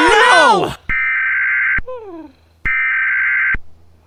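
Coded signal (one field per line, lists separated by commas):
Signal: Emergency Alert System (SAME) tones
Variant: header bursts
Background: speech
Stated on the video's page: Fictional EAS parody.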